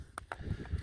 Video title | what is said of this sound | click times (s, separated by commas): Shear Cordless not working? Try This!! | and that way when you slide that you'll hear the click so that's what I did wrong | 0.2 s, 0.3 s